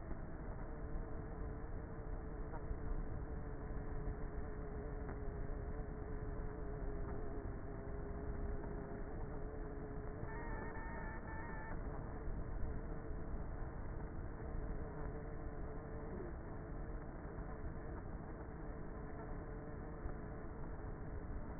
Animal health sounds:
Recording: honeybee colony, microphone inside the hive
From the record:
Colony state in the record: queenless with a low population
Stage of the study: before two queens were removed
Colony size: about 30,000 bees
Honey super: no

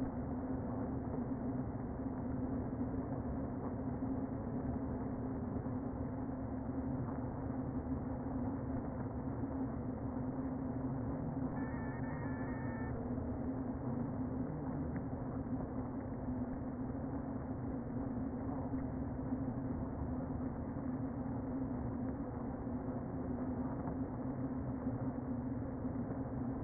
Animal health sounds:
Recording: honeybee colony, microphone inside the hive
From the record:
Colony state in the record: queen present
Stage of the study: before two queens were removed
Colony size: about 60,000 bees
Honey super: yes

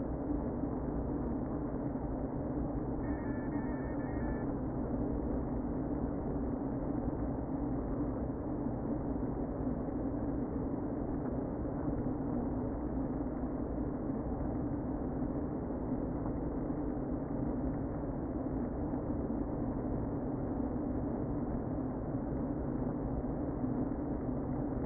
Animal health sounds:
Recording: honeybee colony, microphone inside the hive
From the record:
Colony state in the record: queen present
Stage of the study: before two queens were removed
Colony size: about 60,000 bees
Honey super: yes

